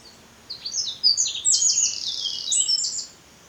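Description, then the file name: Eurasian wren song: a loud, high-pitched cascade of sharp notes and rolling trills lasting about two and a half seconds. "Troglodytes troglodytes"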